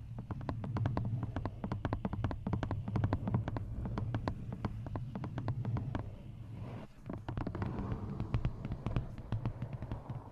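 Fingers tap on assorted objects held against the mic, producing quick, sharp clicks in dense, uneven bursts over a steady low rumble. The tapping thins briefly just before the seven-second mark, then picks back up with a slightly brighter, scratchier texture.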